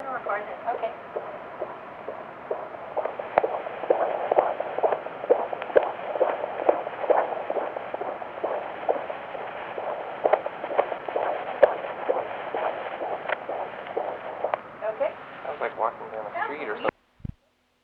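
Rapid, steady whooshing pulses, about 130 a minute, hissy and muffled. This is a fetal heartbeat picked up by Doppler ultrasound and captured on microcassette, at a rate within the usual fetal range.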